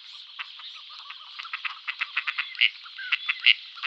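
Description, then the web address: Gadwall display: rapid series of clipped, nasal notes in uneven bursts, louder accented calls near the end, with a steady reedy background chatter. "Schulze Peter Gadwall display"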